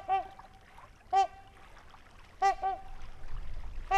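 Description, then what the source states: Trumpeter swan giving brassy nasal honks, single and doubled, at irregular intervals. Trumpeting near a lake in Wisconsin, 2019.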